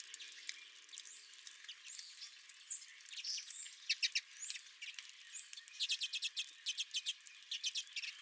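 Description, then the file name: Redpolls calling, a mix of rapid dry chattering bursts and short upslurred twittering notes. Redpolls at the recordist's own feeder. "Redpolls at My Feeder"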